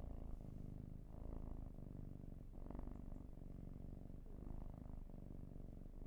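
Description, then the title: Domestic cat purr, low and rattling, rising and falling with each in- and out-breath. "Field Recs Purrathon RAW"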